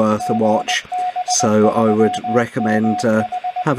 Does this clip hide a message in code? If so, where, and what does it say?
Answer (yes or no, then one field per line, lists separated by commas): yes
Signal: Morse code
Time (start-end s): 0.2-3.6 s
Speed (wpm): 20 wpm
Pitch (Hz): 730 Hz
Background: speech, radio noise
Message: GB3MH